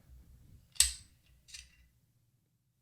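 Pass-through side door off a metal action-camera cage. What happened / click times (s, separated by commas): The small metal side door snapped off / 0.8 s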